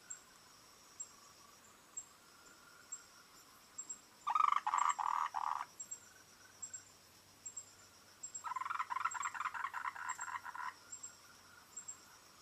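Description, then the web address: Frogs croaking in two bursts of rapid, pulsed rattling notes lasting about two seconds each, with soft regular ticks between them. "otonoki frogs Dream"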